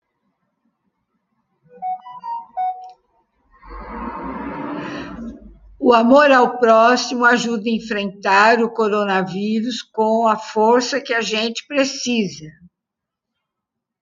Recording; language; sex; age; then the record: spoken sentence; Brazilian Portuguese; female; 70 to 79 years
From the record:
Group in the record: control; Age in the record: 75 years